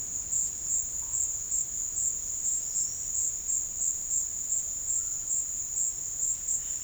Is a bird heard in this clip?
no